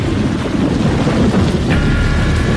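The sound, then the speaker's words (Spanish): A thunderstorm over Buenos Aires city and its suburbs in August: steady, loud rain hiss over a deep, rolling thunder rumble that continues without a break, with no voices. “El tormentón está desembarcando en capital y conurbano.”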